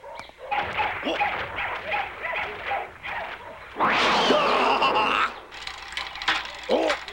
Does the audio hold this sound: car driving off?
no